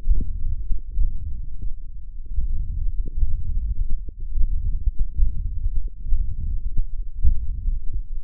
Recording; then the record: forearm muscle sounds (acoustic myography)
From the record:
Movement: tripod grip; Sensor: system 1, eight BSWA MPA416 microphones around the upper forearm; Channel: 5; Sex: male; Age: 21 years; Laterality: right